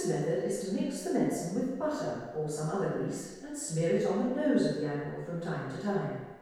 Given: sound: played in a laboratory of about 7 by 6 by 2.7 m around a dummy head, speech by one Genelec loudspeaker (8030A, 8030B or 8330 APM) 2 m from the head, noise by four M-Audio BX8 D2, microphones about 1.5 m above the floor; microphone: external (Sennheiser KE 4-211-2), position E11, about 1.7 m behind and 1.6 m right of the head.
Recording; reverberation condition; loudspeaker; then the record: female speech in English; high; 150 degrees to the left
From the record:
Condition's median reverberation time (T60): about 1300 ms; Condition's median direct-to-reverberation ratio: about -4.0 dB